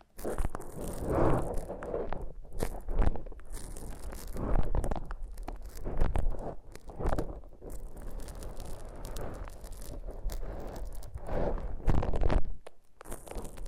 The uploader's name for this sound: Foam Massage